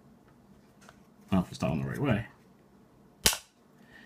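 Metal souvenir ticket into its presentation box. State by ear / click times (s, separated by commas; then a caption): seated / 3.3 s. Someone talks, then pushes a metal Star Wars The Force Awakens Galaxy Premiere souvenir golden ticket back into its presentation box. A single sharp snap is heard at 3.3 seconds as the ticket seats in the box.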